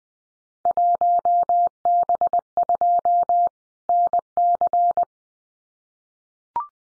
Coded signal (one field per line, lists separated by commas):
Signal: Morse code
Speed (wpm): 19 wpm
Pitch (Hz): 700 Hz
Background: none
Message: 1B2 NC